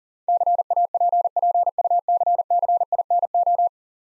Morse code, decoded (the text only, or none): CAPPUCCINO